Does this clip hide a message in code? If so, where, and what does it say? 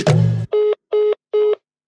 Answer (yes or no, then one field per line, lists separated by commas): no